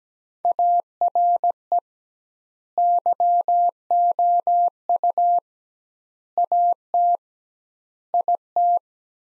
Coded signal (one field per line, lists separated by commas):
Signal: Morse code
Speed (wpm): 17 wpm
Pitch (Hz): 700 Hz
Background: none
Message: ARE YOU AT IT